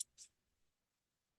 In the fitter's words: Then I'm going to pull. Yeah, you kind of heard it kind of snap into place.